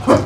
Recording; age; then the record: pig call; growing-finishing pig (85 days or more)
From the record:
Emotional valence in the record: positive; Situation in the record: run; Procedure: transit